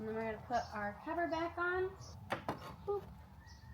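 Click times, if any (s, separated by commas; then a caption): none. Someone talks while the plastic engine cover of a 2019 Dodge Journey GT is handled over the engine mounting studs after an oil change, with a couple of short knocks around 2.3 and 2.5 seconds. Nothing has seated or clicked yet; the cover is not yet pushed home.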